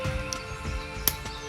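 A second plastic spike piece is pressed into the other side of a toy dinosaur figure, with music playing in the background. A faint tick comes at 0.3 s, then a sharp click at 1.1 s as the spike seats in place.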